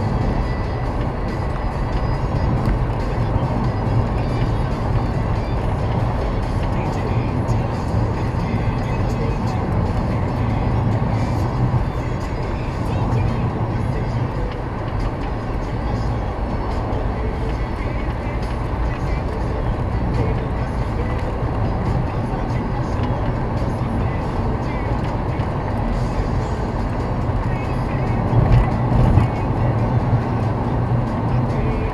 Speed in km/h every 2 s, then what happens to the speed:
78, 74, 74, 70, 69, 66, 66, 66, 66, 70, 72, 73, 75, 76, 76, 77.
0-10 slows to 66. 10-16 steady at about 66. 16-19 speeds up to 72. 19-32 steady at about 75.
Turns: none.